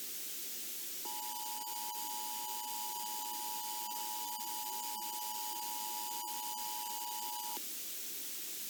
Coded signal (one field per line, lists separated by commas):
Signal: Emergency Alert System (SAME) tones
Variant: 853 and 960 Hz attention tone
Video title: Thera - A Volcanic Eruption mini-EAS Scenario